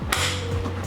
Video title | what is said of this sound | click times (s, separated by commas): Acura TSX LED Interior Lights How To Install - 2nd Generation 2009-2014 | We're going to push, and that locks in place. | 0.1 s